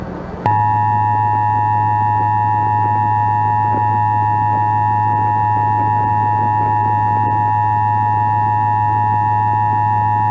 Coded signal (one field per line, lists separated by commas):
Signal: Emergency Alert System (SAME) tones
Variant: 853 and 960 Hz attention tone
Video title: All EAS Alerts by year part 1